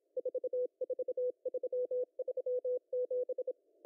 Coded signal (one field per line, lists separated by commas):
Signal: Morse code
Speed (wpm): 26 wpm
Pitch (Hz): 500 Hz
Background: none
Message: 44337